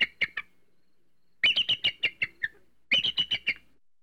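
Bald eagle calling in bursts of high, thin chittering notes, each burst a rapid series of piping chirps.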